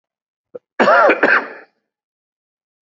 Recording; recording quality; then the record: shallow voluntary cough; excellent, no background noise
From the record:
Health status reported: COVID-19 positive, mild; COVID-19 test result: positive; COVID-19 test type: RT-PCR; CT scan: taken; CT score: 22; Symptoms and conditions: cough, cold, sore throat, fever, fatigue, muscle pain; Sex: male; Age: 45 years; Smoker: no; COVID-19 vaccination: both doses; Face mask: worn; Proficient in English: yes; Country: India